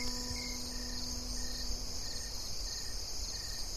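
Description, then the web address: Crickets chirp in a steady, high, shimmering chorus, with short higher chirps repeating about every half second and a low humming tone early on over background noise. "nhpr audio 2015 10 crickets soundlapse"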